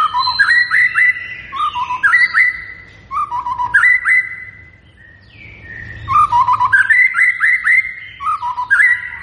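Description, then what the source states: White-rumped shama song of clear mellow whistles in short bursts, quick rising and falling notes repeated in groups, a brief pause midway. Lure recording of a vigorously singing white-rumped shama, meant to make birds respond.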